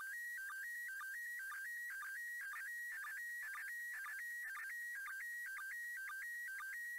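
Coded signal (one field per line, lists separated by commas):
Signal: SSTV (slow-scan television)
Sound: warbling, stepping tone with regular short low blips about twice a second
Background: radio hiss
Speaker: i nareszcie udało się bardzo silny sygnał akurat rzem na taśmę tenel odu doł minuta widoczności piękny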